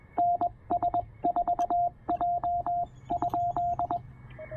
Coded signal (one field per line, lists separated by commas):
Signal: Morse code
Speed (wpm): 21 wpm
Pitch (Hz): 700 Hz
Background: radio noise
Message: NS4J ?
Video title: POTA Lunch Box Radio: Pairing the Penntek TR-45L and the Elecraft AX1